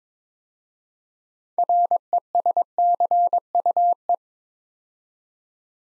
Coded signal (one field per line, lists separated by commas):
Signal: Morse code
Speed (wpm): 22 wpm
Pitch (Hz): 700 Hz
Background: none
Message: RESCUE